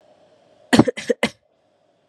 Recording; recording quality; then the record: shallow voluntary cough; excellent, no background noise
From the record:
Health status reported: COVID-19 positive, no symptoms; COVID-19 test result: positive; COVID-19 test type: RT-PCR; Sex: female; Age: 22 years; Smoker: no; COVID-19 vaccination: both doses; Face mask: not worn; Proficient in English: yes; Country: India